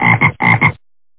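Frog croaks: two double-pulsed croaks in quick succession, each rich in harmonics, followed by silence.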